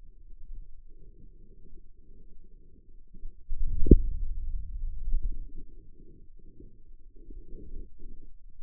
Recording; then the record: forearm muscle sounds (acoustic myography)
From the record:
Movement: hand closing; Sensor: system 2, bracelet of six BSWA MPA416 microphones around the upper forearm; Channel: 4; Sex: male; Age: 22 years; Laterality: right